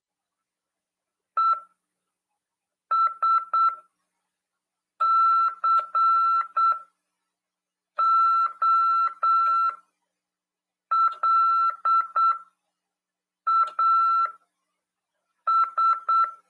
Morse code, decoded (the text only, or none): ESCOLAS